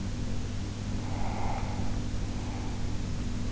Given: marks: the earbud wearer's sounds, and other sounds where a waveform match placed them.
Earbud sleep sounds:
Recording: sounds in sleep by an in-ear microphone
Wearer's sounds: breath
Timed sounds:
0.56-3.50 s: breath

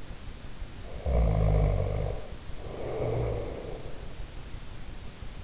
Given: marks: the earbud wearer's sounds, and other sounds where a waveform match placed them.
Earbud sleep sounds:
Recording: sounds in sleep by an in-ear microphone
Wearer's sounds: snoring breath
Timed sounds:
0.88-4.03 s: snoring breath

